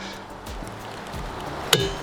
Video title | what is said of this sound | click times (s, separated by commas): RainX Latitude Wipers on a 1999–2007 Ford F-350 Super Duty - Large & Small J-Hook Install | right, it clicked in, you heard it. | 1.7 s